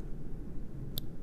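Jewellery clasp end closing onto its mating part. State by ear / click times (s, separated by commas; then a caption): seated / 1.0 s. A jewellery clasp end closes onto its mating part on a cord, giving a single sharp click at 0.98 s over a low background hum. The clasp clicks shut and is seated.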